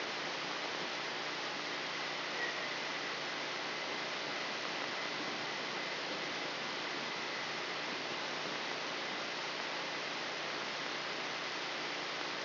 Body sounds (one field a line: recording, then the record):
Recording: brain microelectrode recording played as sound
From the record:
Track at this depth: outside the subthalamic nucleus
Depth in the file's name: 5.106 mm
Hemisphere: left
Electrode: 3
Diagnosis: Parkinson's disease